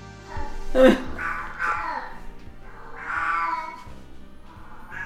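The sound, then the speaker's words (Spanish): A female cat in heat meows loudly and insistently, several long, wavering, drawn-out calls rising and falling in pitch over a low steady hum, with no one speaking. “En cuanto podamos, que ahora es un poquito complicado, vamos a ver si la esterilizamos porque va a explotar un día la gata.”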